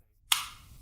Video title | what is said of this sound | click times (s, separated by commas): Clé à cliquet Fiat Remplacement du boîtier de la clé de voiture 1 | Et on s'assure que pour tous les clients, il y ait un clic bien audible. | 0.3 s